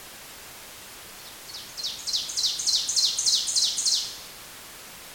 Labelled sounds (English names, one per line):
Ovenbird song